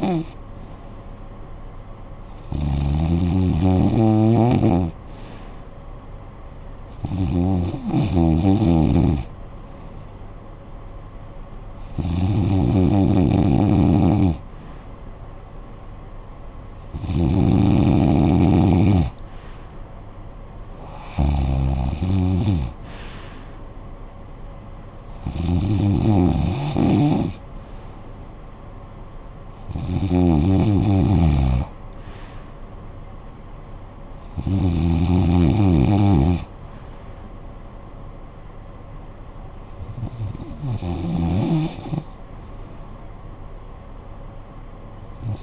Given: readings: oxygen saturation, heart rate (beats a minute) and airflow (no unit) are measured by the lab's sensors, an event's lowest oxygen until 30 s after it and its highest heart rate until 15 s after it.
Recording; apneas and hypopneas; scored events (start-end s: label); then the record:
breathing in sleep by a smartphone at the bedside; none
none scored
From the record:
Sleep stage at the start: REM sleep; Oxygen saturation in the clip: 90 to 95%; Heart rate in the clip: 55 to 76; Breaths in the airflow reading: 10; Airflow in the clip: -13.6 to 8.3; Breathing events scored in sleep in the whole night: 445 in 7.6 hours asleep